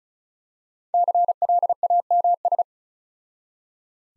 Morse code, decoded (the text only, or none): CLAMS